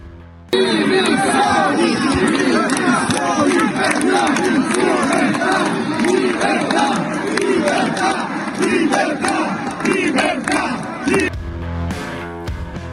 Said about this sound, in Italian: Ieri è stata una giornata di tensione anche in aula, tensione in questo caso di protesta da parte del centrodestra, da parte della Lega in particolare, centrodestra che ha occupato l'aula urlando libertà, libertà contro il DPCM.